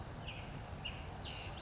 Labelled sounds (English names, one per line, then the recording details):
California Towhee
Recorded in Sonoma County, California